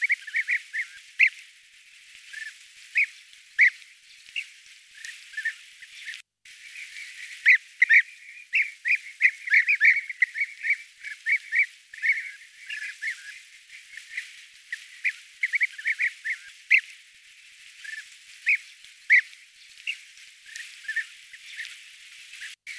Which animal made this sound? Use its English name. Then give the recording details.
European Bee-eater. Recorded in the wild. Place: Merdingen bis Ihringen / Kaiserstuhl, Baden-Württemberg, DE. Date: 2000-08-25. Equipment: MiniDisc Sharp MT 20 H. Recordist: Schwarz, Dieter